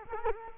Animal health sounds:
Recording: mosquito wingbeat signal from an infrared sensor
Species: Culex quinquefasciatus

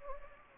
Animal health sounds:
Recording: mosquito wingbeat signal from an infrared sensor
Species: Anopheles gambiae

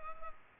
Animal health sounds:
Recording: mosquito wingbeat signal from an infrared sensor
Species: Culex pipiens

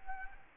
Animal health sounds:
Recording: mosquito wingbeat signal from an infrared sensor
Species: Culex quinquefasciatus

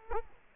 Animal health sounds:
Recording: mosquito wingbeat signal from an infrared sensor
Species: Culex quinquefasciatus

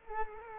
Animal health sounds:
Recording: mosquito wingbeat signal from an infrared sensor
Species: Culex quinquefasciatus

